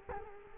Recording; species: mosquito wingbeat signal from an infrared sensor; Culex quinquefasciatus